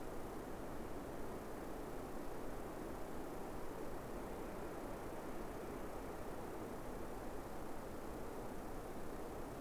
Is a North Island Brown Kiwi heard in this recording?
no